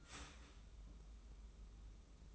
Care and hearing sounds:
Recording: daily activity, microphone in the room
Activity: start toaster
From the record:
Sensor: 1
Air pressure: 994.5 hPa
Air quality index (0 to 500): 225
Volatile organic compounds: 1000 ppm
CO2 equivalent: 8066 ppm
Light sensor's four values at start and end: 139/318/142/156 and 139/318/141/155

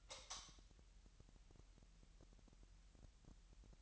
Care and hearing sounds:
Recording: daily activity, microphone in the room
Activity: light on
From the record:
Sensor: 3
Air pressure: 1001.9 hPa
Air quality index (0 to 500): 244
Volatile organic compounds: 46 ppm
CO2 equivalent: 3238 ppm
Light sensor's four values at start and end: 6/13/5/5 and 11/31/13/12

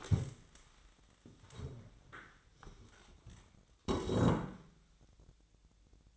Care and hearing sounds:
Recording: daily activity, microphone in the room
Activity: stand up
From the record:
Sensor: 3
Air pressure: 1000.4 hPa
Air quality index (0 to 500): 168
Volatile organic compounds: 3 ppm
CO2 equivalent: 1469 ppm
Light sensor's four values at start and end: 15/34/15/15 and 14/34/14/15

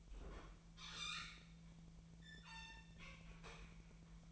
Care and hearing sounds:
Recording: daily activity, microphone in the room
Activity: open fridge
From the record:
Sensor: 1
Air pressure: 1009.7 hPa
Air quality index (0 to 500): 193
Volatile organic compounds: 19 ppm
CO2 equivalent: 2641 ppm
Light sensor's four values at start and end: 28/72/30/35 and 28/72/30/35

